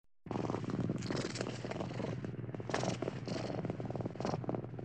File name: Murkaet koshka